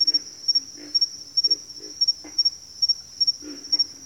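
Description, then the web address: Pig frog calling with short, hoarse grunts at irregular intervals, under an unbroken high-pitched cricket trill. "Sleep Sounds of Nature. Pig Frogs"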